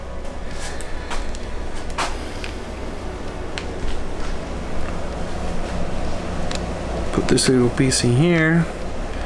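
A lightweight cam gear is being fitted onto the camshaft of a Sea-Doo RXP Rotax race engine for a jet ski while someone talks over a steady low hum, with a few brief sharp sounds along the way. The gear is handled but has not seated or locked into place yet.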